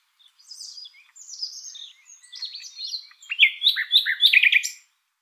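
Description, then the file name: Common nightingale delivering a continuous twittering phrase of high slurred notes that grows louder and ends in quick repeated chirps. "Luscinia megarhynchos"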